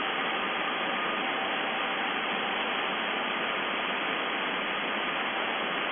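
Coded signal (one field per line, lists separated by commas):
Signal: numbers station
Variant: UVB-76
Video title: The Buzzer/UVB-76(4625Khz) April 12, 2021 08:03UTC Voice message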